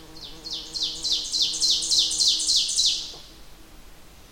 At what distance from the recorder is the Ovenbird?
about 15 m